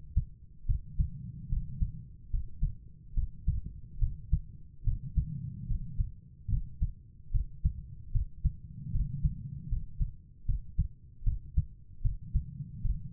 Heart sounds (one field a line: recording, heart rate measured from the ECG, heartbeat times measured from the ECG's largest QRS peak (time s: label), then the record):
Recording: heart sounds by stethoscope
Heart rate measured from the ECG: 74 bpm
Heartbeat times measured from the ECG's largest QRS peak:
0.66 s: heartbeat
1.48 s: heartbeat
2.30 s: heartbeat
3.14 s: heartbeat
3.98 s: heartbeat
4.83 s: heartbeat
5.67 s: heartbeat
6.49 s: heartbeat
7.31 s: heartbeat
8.11 s: heartbeat
8.91 s: heartbeat
9.68 s: heartbeat
10.45 s: heartbeat
11.23 s: heartbeat
12.01 s: heartbeat
12.81 s: heartbeat
From the record:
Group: healthy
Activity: rest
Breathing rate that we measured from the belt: 16 breaths a minute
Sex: female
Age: 32 years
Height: 172 cm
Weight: 71.7 kg